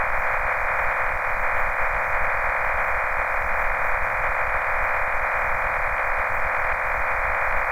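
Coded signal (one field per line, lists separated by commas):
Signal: MT63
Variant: MT63-2000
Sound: steady dense rushing hiss in a mid-frequency band, constant throughout, like warbling static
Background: radio static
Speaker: when you're finished click on the Autos send button and FL Digi prompts you to save the message and then automatically starts transmitting the message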